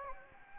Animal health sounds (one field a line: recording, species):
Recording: mosquito wingbeat signal from an infrared sensor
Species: Anopheles gambiae